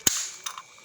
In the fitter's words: through it and then we're gonna lock it in and push it in once you hear that click